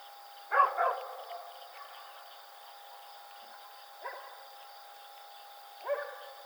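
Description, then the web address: Coyote giving three short, sharp harmonic yips, one strong at first then two fainter ones after long pauses, over a steady background hum. Howling coyote recorded on 4 April 2006. "Coyote 2006 04 04 02 howl"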